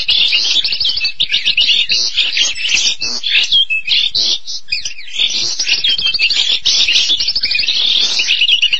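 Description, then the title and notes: Starling song of rapid, varied chattering notes, scratchy trills and sharp whistled squeaks running on with little pause. "suara burung jalak"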